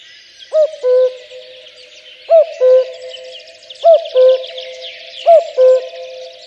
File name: kakukk hangja